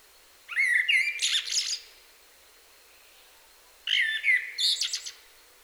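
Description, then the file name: Common blackbird song in two phrases separated by a pause, each a rich whistled opening ending in a thin, scratchy high twitter. "Turdus merula"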